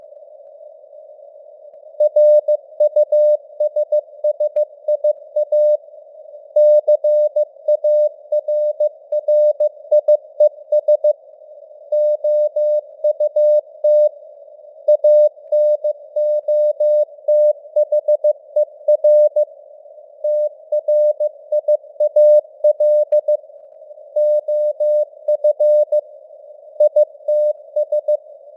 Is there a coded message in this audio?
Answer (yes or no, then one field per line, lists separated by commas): yes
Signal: Morse code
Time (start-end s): 2.0-28.2 s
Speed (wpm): 15 wpm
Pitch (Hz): 600 Hz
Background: none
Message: RUSSIA CARRIES OUT ANOTHER TRIAL OF ITS